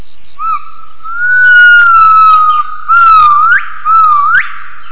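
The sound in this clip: Gibbon call: long pure whistled notes near one pitch, sliding and swelling, with two sharp upward-sweeping notes near the end; faint low rustling in the middle.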